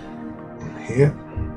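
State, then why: Not seated. The rear plastic part of a 1/35 scale Airfix Cromwell Mk IV model tank chassis is handled while someone talks over background music. The part has not yet been pressed home; nothing has seated or clicked yet.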